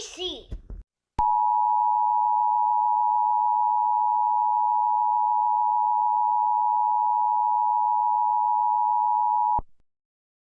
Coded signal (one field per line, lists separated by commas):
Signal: Emergency Alert System (SAME) tones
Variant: 853 and 960 Hz attention tone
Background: speech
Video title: WASHINGTON D.C. EAS ALARM 🇺🇸